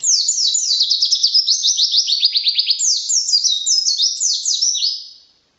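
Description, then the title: White-eye delivering a rapid chain of high descending chirps, shifting into varied twittered phrases before trailing off. Song described as 'racun', with canary-like variations, 'tembakan' bursts and 'gacor' sustained singing; 2015. "Pleci RACUN (Variasi kenari , Tembakan , Gacor , new 2015 )"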